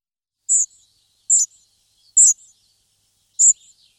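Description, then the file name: Spotted flycatcher call: four thin, high squeaky notes about a second apart, each followed by a faint soft tick. "lejsek-šedý"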